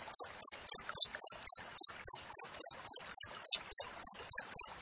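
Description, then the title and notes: Cricket chirping steadily, short high pulses repeated about four times a second with even spacing, no other sounds. Natural cricket chirping with tightly spaced pauses, used as master audio for training songbirds and for repelling rats. "Masteran Jangkrik Alam Jernih, Jeda Rapat Cocok Untuk Masteran Burung Dan Mengusir Tikus. suara jangkrik"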